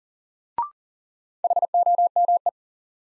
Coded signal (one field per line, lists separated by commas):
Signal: Morse code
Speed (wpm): 38 wpm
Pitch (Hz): 700 Hz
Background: none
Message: HOME